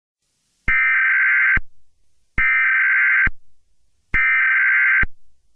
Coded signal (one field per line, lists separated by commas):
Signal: Emergency Alert System (SAME) tones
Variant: header bursts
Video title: Easter Killer Bunny (Easter EAS Scenario)